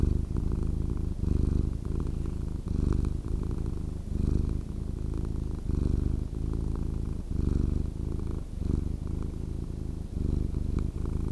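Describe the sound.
Cat purring, a deep continuous rumble pulsing with each breath, swelling and easing.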